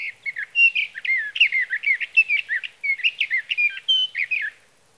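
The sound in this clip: Sage thrasher song: a long, fast run of warbled, slurred phrases, high and varied, lasting over four seconds.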